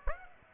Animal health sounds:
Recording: mosquito wingbeat signal from an infrared sensor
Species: Aedes aegypti

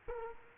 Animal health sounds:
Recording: mosquito wingbeat signal from an infrared sensor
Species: Culex quinquefasciatus

